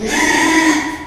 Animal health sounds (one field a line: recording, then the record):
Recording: squeal of a Yucatan mini pig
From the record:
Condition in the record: after surgery on the right vocal fold (resection and tissue-engineered implant)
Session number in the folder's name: 3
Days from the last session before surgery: 33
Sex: male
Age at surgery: 12 weeks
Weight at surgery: 13 kg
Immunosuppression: cyclosporine, prednisolone